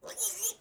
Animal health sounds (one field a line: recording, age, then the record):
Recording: pig call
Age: piglet (1 to 25 days)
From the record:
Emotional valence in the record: negative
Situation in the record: restrain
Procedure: back test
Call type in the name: high-frequency call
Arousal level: low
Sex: male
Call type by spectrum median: high-frequency call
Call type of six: high-frequency stable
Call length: 0.61 s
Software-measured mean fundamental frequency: 265 Hz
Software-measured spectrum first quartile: 6019 Hz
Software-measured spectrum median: 7887 Hz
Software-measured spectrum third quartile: 10692 Hz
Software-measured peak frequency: 6357 Hz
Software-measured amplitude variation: 188 dB a second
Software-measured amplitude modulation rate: 11.5 a second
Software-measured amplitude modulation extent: 16.4 dB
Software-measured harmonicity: 5.0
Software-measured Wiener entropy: -2.30